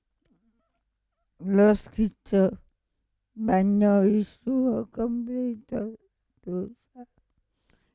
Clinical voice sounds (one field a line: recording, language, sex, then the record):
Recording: read passage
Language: Italian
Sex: female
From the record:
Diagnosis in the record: Parkinson's disease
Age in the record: 65 years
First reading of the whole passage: 242 s, 2.1 characters per second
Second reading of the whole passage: 180 s, 2.9 characters per second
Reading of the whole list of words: 168 s, 1.7 characters per second